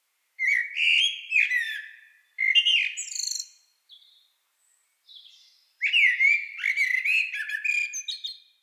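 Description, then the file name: Eurasian blackbird giving flute-like warbled song phrases in quick succession, with brief high squeaks between them and a longer, more varied phrase at the end. "Turdus merula"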